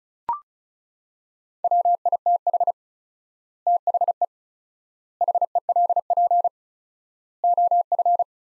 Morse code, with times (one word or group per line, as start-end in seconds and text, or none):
1.6-2.7 WITH
3.7-4.2 THE
5.2-6.5 HELP
7.4-8.2 OF